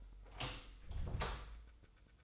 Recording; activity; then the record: daily activity, microphone in the room; open door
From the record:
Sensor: 3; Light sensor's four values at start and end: 14/33/14/14 and 14/33/14/14